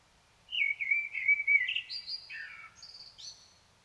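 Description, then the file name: Common blackbird song: a smooth, fluted warble sliding down, followed by several thin, high squeaky notes. "Turdus merula"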